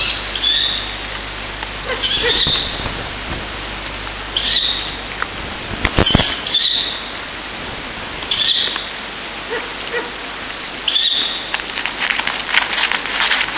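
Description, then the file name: Ural owl chicks giving harsh, hissing begging bursts, repeated several times. Ural owl chicks being fed by a parent. "フクロウ雛親より給餌 遠藤"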